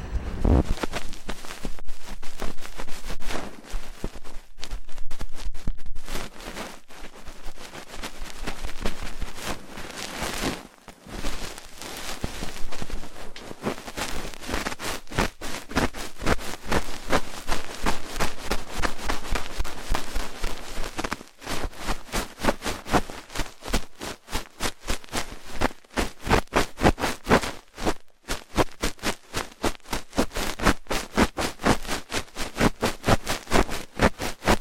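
Rough ear cleaning: a dense, continuous run of scratchy crackles and rubbing strokes, bright and gritty, coming in quick irregular bursts. Brief breaks occur around 11, 21 and 28 seconds, and a faint low hum sits steadily underneath.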